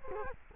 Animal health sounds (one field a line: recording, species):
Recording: mosquito wingbeat signal from an infrared sensor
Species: Culex quinquefasciatus